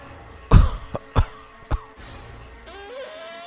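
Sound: man coughing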